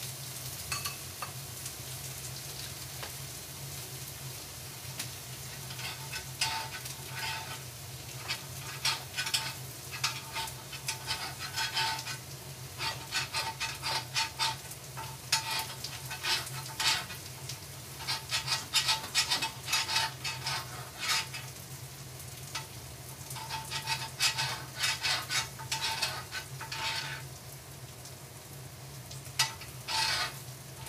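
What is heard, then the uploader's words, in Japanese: Meat sizzles on a grill, a steady bright crackle with dense pops and spits throughout, bursting louder in clusters from about six seconds on. A low constant hum sits underneath. 焼肉の音。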